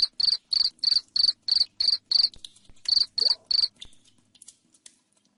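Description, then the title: Cricket giving a run of loud, high, trilled chirps roughly three per second, a short gap midway, then quieter ticking near the end. Loud cricket chirping played to make lovebirds sing continuously. "Suara JANGKRIK NGERIK Keras Bikin LOVEBIRD Jadi NGEKEK Terus Vubey"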